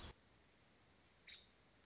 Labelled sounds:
Nuttall's Woodpecker (Dryobates nuttallii)
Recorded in Sonoma County, California

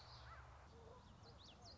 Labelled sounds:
Common Yellowthroat (Geothlypis trichas)
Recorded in Sonoma County, California

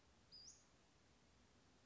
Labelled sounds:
Western Flycatcher (Empidonax difficilis)
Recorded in Sonoma County, California

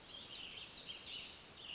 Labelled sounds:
Western Flycatcher (Empidonax difficilis)
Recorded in Sonoma County, California

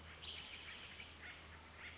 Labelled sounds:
Spotted Towhee (Pipilo maculatus)
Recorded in Sonoma County, California

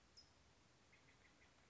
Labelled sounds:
California Towhee (Melozone crissalis)
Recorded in Sonoma County, California

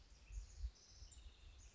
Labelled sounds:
House Wren (Troglodytes aedon)
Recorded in Sonoma County, California

